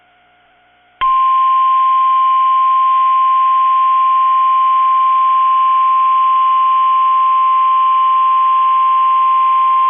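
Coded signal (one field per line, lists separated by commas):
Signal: Emergency Alert System (SAME) tones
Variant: 1050 Hz attention tone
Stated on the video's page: Severe thunderstorm warnings from NOAA weather radio station KIG86, Columbus, Ohio.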